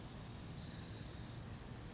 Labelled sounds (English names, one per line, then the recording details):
California Towhee
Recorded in Sonoma County, California